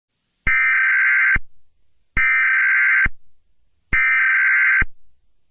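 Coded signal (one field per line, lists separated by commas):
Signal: Emergency Alert System (SAME) tones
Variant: header bursts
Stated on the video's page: Mock EAS alert for a Dam Watch, a code never used; simulated, not real.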